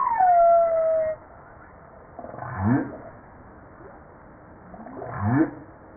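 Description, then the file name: Humpback whale song: a long falling whistled note, then two faint rising moans a few seconds apart over low hiss. Recorded 5 March 1994. "Baleine a bosse 940305"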